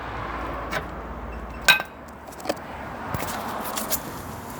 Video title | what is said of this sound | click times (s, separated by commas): 2020 Sprite Alpine 2 | until we hear it click | 2.4 s, 2.5 s